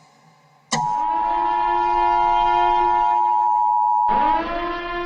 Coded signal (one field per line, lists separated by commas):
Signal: Emergency Alert System (SAME) tones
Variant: 853 and 960 Hz attention tone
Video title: |EAS SCENARIO: INDOMINUS REX| A Jurassic World EAS Scenario